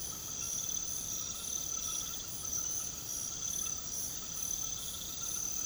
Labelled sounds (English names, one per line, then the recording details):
none
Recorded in pastures near Puerto Asís, Putumayo, Colombia, on 9 March 2025 at 22:00
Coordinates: 0.486, -76.323
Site G075